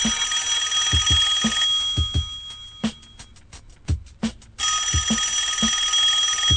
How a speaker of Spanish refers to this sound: En la oficina suena el teléfono.